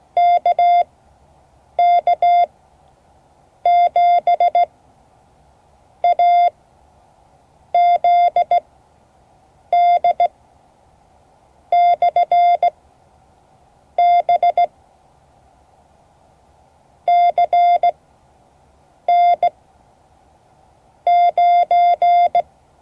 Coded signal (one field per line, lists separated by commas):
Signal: Morse code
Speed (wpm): 16 wpm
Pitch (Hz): 700 Hz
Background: none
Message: KK7AZD/BCN9